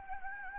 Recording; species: mosquito wingbeat signal from an infrared sensor; Anopheles gambiae